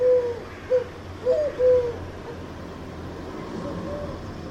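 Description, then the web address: Bird giving low hooting calls: a level note, two short hoots, then another level note in the first two seconds, followed by only quiet background hum. "Deverinetal 2025 File origin Bird Only"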